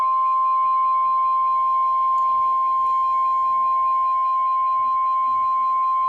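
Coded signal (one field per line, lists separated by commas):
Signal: Emergency Alert System (SAME) tones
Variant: 1050 Hz attention tone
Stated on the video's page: Flood warning from NOAA Weather Radio station KIG86.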